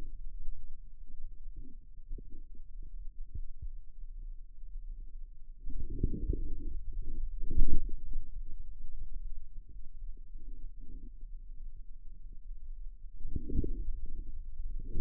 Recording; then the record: forearm muscle sounds (acoustic myography)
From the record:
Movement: outward rotation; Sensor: system 2, bracelet of six BSWA MPA416 microphones around the upper forearm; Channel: 4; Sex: male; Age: 22 years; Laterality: right